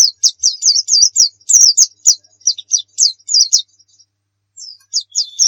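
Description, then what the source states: White-eye song, short high slurred chirps in quick clusters, a brief pause near the end, then a few more notes. Pleci of the muria type, a song used as training audio for birds.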